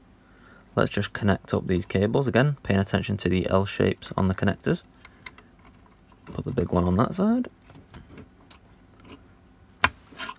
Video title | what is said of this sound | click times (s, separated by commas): Annke 8 Channel H 265+ CCTV DVR Unboxing & Demo / Setup - Soter Series Video Recorder - Model DW81KD | so, and they should click in. | 9.8 s